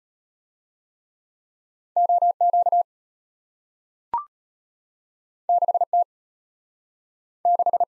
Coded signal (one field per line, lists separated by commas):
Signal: Morse code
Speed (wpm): 34 wpm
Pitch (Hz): 700 Hz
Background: none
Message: OQ 6T 6